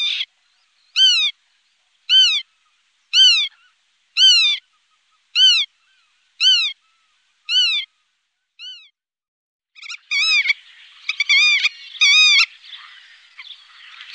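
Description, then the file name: Black-tailed godwit calling: a slow series of short, upward-arched nasal notes about once a second, then faster stuttering notes over a rougher background. "Rodspov"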